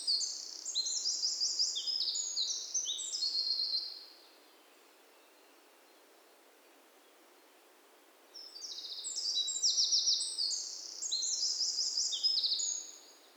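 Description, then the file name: Eurasian wren song in two energetic phrases of rapid high trills and chattering notes, with a quiet pause of about four seconds between. "Troglodytes troglodytes"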